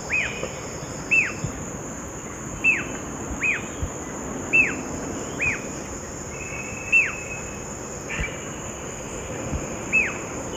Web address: Natures Songs S America Eastern Lowlands. Galbula albirostris, call